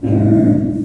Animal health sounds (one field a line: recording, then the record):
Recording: squeal of a Yucatan mini pig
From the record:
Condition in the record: after surgery on the right vocal fold (resection and tissue-engineered implant)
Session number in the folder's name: 4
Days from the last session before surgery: 26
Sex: female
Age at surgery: 19 weeks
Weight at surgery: 25 kg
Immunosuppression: prednisolone